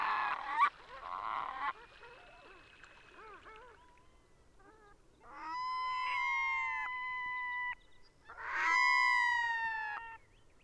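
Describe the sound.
Red-throated loon calls: harsh, goose-like honks at first, then long, drawn-out harmonic wailing notes held steady for a second or more.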